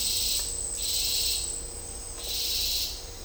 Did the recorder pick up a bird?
no